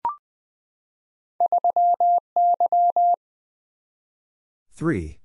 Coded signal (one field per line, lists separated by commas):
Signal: Morse code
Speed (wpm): 20 wpm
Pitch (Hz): 700 Hz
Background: none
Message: 3Y